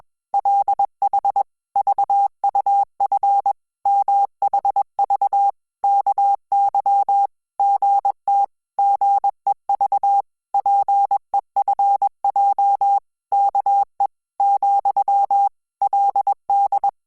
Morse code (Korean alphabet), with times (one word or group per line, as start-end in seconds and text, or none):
0.3-1.4 구
1.8-3.5 린
3.9-5.5 물
5.8-7.3 에
7.6-8.4 서
8.8-10.2 살
10.5-13.0 잖
13.3-14.1 아
14.4-15.5 ,
15.8-16.9 그